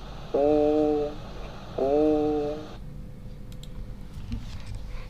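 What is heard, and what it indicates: Egophony heard over an adult chest by stethoscope: a vocalized vowel 'e' comes through sounding like 'a', with a nasal, bleating quality, heard in two sustained vowel sounds.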